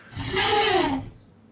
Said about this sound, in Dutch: Was dit een blije olifant? Ja, dat is de blije olifant.